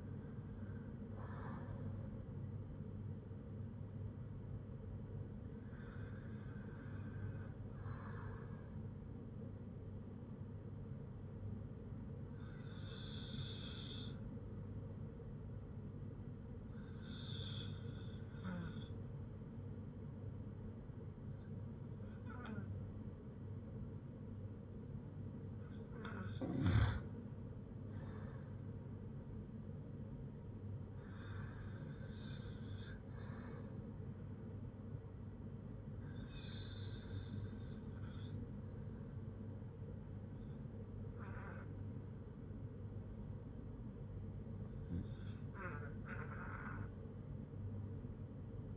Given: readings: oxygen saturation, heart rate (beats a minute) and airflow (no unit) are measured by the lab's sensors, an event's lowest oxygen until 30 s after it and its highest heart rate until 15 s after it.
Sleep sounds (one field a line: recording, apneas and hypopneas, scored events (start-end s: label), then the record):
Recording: breathing in sleep by a smartphone at the bedside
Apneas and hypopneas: none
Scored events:
none scored
From the record:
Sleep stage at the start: REM sleep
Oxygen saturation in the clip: 89 to 98%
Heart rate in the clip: 53 to 63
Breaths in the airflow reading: 7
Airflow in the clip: -3.3 to 6.5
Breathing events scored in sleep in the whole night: 182 in 7.4 hours asleep